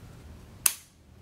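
A plastic attachment arm on a Graco Pack 'n Play Cuddle Cove is pushed onto the play yard frame. Under a faint low hum, a single sharp, bright snap is heard at 0.7 s, and the arm seats firmly in place.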